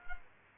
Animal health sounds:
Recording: mosquito wingbeat signal from an infrared sensor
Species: Culex quinquefasciatus

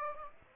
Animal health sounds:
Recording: mosquito wingbeat signal from an infrared sensor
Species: Aedes aegypti

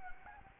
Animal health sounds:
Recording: mosquito wingbeat signal from an infrared sensor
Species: Anopheles gambiae

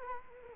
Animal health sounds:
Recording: mosquito wingbeat signal from an infrared sensor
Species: Culex quinquefasciatus

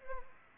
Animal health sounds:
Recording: mosquito wingbeat signal from an infrared sensor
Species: Aedes aegypti

